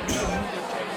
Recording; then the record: coughing mixed with background sound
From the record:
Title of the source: Spring Cold Coughing.